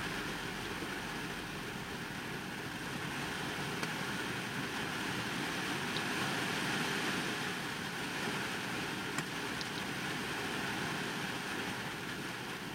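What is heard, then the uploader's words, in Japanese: Heavy rain drums steadily on a parked car's roof, a dense, even hiss with a low rumble and occasional sharper drips. とある日の雨の日の車内。無人の車内で録った音です。大雨の日に人のいない車内ではどんな音がしてるのかなと思って録ってみました。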